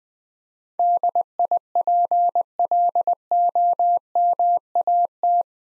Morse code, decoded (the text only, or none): DIPLOMAT